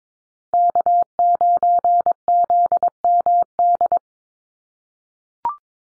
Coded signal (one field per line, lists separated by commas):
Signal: Morse code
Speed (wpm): 22 wpm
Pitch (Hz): 700 Hz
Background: none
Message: K9ZMD